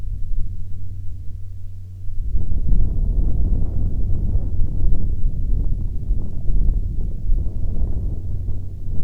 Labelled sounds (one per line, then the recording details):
wind
aircraft
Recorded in the Arctic National Wildlife Refuge, Alaska, on 19 July 2019 at 14:43
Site 35